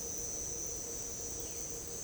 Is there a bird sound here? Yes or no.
no